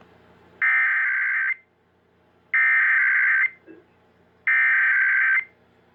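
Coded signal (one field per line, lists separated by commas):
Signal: Emergency Alert System (SAME) tones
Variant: header bursts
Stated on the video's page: Real EAS alerts received over a span of weeks.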